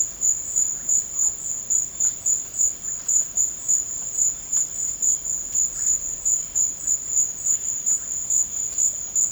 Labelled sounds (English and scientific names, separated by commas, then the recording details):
none
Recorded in secondary vegetation near Puerto Asís, Putumayo, Colombia, on 21 March 2025 at 14:30
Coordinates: 0.488, -76.319
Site G095